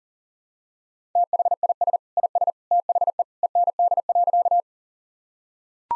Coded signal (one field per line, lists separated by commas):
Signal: Morse code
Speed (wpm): 40 wpm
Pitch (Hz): 700 Hz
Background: none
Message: THIS IS THE END.